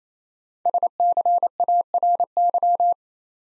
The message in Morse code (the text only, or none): SCARY